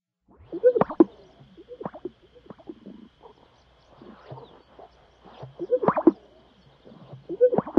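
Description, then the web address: Sage grouse display sounds: soft popping and plopping notes with low gulping swishes, repeated in bursts. Western USA. "Songs of Birds of North America Western USA Songbirds. Sage Grouse"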